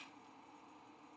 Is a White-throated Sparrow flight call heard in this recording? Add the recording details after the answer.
no. No flight call is heard. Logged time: 10:05 on 5 December 2014